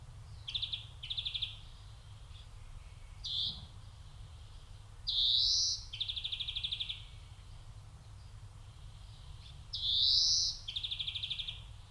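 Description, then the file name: European greenfinch singing twittering trills alternating with rising wheezy notes, low rumble underneath. "Chloris chloris"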